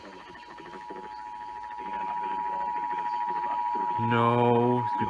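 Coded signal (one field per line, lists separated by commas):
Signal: Emergency Alert System (SAME) tones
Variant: 853 and 960 Hz attention tone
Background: speech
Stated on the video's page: Compilation of received EAS tests.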